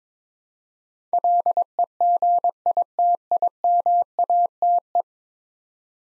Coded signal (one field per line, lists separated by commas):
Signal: Morse code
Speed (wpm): 22 wpm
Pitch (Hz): 700 Hz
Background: none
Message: LEGITIMATE